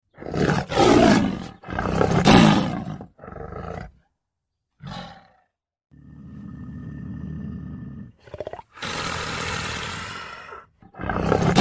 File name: Rychanie lva